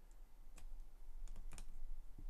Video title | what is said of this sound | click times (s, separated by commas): Helicopter Lego build set #9396 PART 2 | in there i love that i love that satisfying snap | 1.6 s